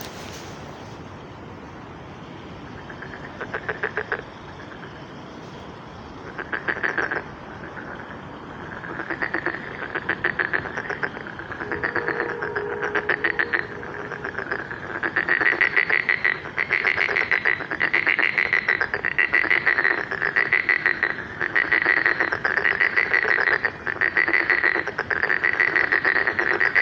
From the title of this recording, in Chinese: 春日晚塘蛙鸣